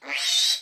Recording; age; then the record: pig call; piglet (1 to 25 days)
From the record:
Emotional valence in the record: negative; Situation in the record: restrain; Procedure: in the arms of a person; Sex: female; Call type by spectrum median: high-frequency call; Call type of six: mixed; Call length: 0.62 s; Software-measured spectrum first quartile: 3498 Hz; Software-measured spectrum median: 4178 Hz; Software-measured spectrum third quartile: 5520 Hz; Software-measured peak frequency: 3761 Hz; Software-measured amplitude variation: 114 dB a second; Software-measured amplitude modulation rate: 13.7 a second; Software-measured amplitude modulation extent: 8.3 dB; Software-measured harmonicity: 2.4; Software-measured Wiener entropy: -2.27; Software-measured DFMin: 1032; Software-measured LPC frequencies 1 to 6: 832, 2254, 3069, 3764, 4574, 5434 Hz